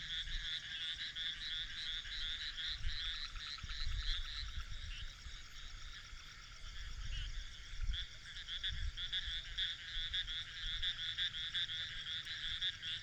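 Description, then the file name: Frogs keep up a steady pulsing chorus of high rattling notes, accompanied by intermittent low rumbles. "grenouilles"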